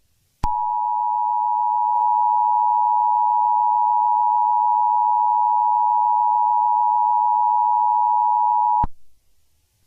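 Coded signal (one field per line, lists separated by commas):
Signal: Emergency Alert System (SAME) tones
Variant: 853 and 960 Hz attention tone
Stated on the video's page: Simulated EAS scenario about extreme heat, containing valid EAS tones.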